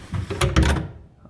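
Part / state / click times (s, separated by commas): wooden window flap into its hold-open catch on a bird hide / seated / 0.4 s, 0.6 s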